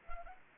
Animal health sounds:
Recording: mosquito wingbeat signal from an infrared sensor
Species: Anopheles arabiensis

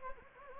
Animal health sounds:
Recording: mosquito wingbeat signal from an infrared sensor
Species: Anopheles gambiae

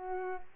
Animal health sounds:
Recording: mosquito wingbeat signal from an infrared sensor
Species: Culex pipiens

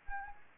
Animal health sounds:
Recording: mosquito wingbeat signal from an infrared sensor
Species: Anopheles arabiensis

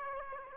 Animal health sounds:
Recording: mosquito wingbeat signal from an infrared sensor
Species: Aedes aegypti

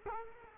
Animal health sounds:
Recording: mosquito wingbeat signal from an infrared sensor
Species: Culex quinquefasciatus

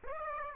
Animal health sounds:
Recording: mosquito wingbeat signal from an infrared sensor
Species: Aedes aegypti

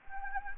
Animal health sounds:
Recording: mosquito wingbeat signal from an infrared sensor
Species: Anopheles gambiae

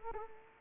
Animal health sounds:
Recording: mosquito wingbeat signal from an infrared sensor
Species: Culex pipiens

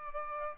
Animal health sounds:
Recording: mosquito wingbeat signal from an infrared sensor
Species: Culex pipiens

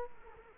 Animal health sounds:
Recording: mosquito wingbeat signal from an infrared sensor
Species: Culex quinquefasciatus

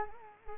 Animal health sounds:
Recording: mosquito wingbeat signal from an infrared sensor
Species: Culex quinquefasciatus

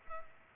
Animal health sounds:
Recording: mosquito wingbeat signal from an infrared sensor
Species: Culex pipiens

